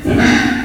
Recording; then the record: squeal of a Yucatan mini pig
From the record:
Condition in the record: after surgery on the right vocal fold (resection and tissue-engineered implant); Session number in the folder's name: 1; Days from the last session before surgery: 13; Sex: female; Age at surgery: 19 weeks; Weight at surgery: 25 kg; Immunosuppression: prednisolone